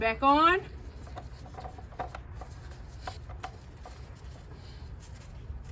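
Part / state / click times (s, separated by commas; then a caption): oil filler cap onto engine oil filler neck / not seated / none. Someone talks briefly at the start while the plastic engine oil filler cap on a 2017 Kia Forte LX is turned back onto the engine oil filler neck, to be turned until it clicks. Quiet scraping and light ticking sounds follow as the cap is handled. Nothing has clicked or seated yet when the clip ends.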